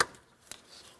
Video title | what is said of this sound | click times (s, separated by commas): How to Replace Intake Variable Valve Timing Solenoid 2015-2025 Ford Transit 250 3.7L V6 | Listen for an audible click. | 0.0 s